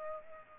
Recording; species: mosquito wingbeat signal from an infrared sensor; Culex pipiens